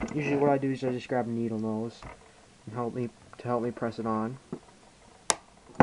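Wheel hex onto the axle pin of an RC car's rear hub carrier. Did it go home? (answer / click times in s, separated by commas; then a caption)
yes / 5.3 s, 5.8 s. A plastic wheel hex on an RC car's rear hub carrier is pressed onto the axle pin with needle-nose pliers while someone talks. Sharp snaps at 5.3 s and 5.8 s mark the hex seating, confirming it is on.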